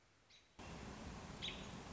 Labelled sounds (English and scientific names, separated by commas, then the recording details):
American Robin (Turdus migratorius)
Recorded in Sonoma County, California